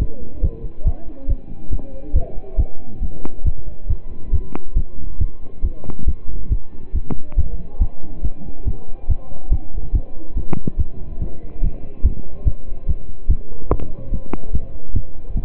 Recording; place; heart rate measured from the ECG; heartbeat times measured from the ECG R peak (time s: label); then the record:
heart sounds by stethoscope; between the tricuspid and mitral areas; 141 bpm
0.01 s: heartbeat
0.43 s: heartbeat
0.86 s: heartbeat
1.29 s: heartbeat
1.72 s: heartbeat
2.15 s: heartbeat
2.58 s: heartbeat
3.02 s: heartbeat
3.45 s: heartbeat
3.89 s: heartbeat
4.33 s: heartbeat
4.76 s: heartbeat
5.20 s: heartbeat
5.64 s: heartbeat
6.07 s: heartbeat
6.51 s: heartbeat
6.94 s: heartbeat
7.38 s: heartbeat
7.81 s: heartbeat
8.24 s: heartbeat
8.67 s: heartbeat
9.09 s: heartbeat
9.52 s: heartbeat
9.94 s: heartbeat
10.36 s: heartbeat
10.78 s: heartbeat
11.20 s: heartbeat
11.62 s: heartbeat
12.04 s: heartbeat
12.46 s: heartbeat
12.88 s: heartbeat
13.29 s: heartbeat
13.71 s: heartbeat
14.12 s: heartbeat
14.53 s: heartbeat
14.95 s: heartbeat
15.36 s: heartbeat
From the record:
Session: pedaling a stationary bicycle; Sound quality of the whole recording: partially saturated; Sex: male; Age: 27 years